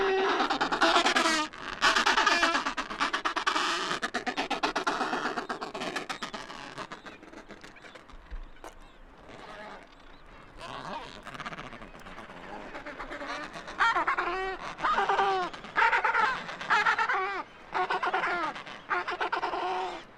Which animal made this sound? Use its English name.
Adelie Penguin